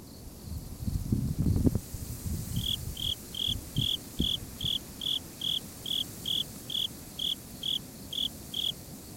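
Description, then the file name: Japanese burrowing cricket song: a steady run of evenly spaced high chirps, beginning after low knocking and rumbling noise. "tuduresasekoorogi"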